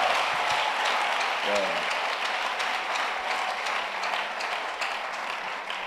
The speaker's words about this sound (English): Clap your hands. Acclame.